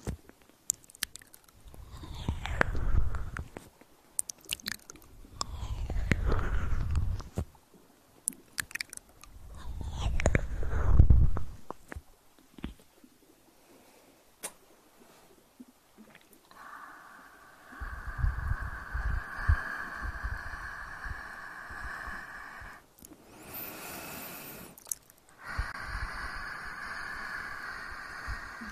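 Ear massage sounds: soft rubbing and crackling bursts in the first half, then a steadier brighter rustling hum with a brief loud swipe near 24 seconds.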